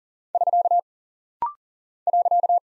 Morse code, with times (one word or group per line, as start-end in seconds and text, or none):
0.3-0.8 <SK>
2.1-2.6 .